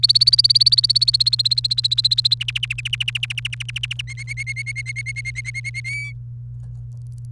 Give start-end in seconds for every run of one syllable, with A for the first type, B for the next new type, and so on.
0.00-2.34 A, 2.40-4.01 B, 4.07-5.80 C, 5.84-6.12 D